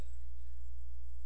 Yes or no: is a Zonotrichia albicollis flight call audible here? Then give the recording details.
no. No flight call is heard. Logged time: 01:28 on 14 September 2014